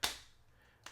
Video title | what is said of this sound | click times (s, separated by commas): BETTER THAN FINEWOVEN?? - Apple TechWoven Case for iPhone 17 Pro Max | Pretty decent click on there. | 0.0 s